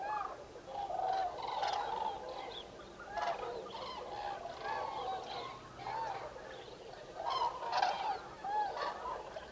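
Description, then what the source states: Common cranes calling in a large flock, repeated trumpeting notes overlapping continuously, with louder bursts near the end. Recorded 5 November 2018.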